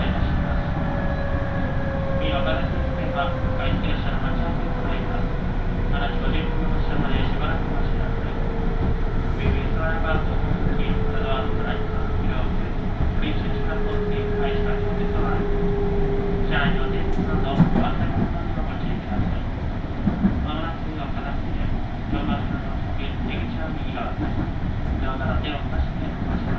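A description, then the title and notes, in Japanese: A local train on the Tokaido Line runs between stations with a steady, dense low rumble throughout. A slowly falling tone, like a motor winding down, sinks until about 17 seconds, and faint speech surfaces now and then over the rolling noise, with small clicks near 18 and 20 seconds. 東海道本線各駅停車 豊橋→西岡崎。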